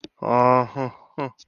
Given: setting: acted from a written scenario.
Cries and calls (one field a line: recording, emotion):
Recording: vocal sound without words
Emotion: embarrassment